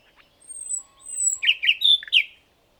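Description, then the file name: Common nightingale song: a thin, high, drawn-out whistle, followed by a series of rich, rapid chirping and whistled notes. "Luscinia megarhynchos"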